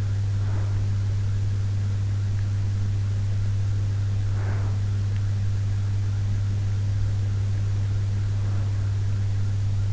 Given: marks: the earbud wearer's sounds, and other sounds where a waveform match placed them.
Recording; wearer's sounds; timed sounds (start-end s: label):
sounds in sleep by an in-ear microphone; breath
0.00-1.21 s: breath
4.00-5.10 s: breath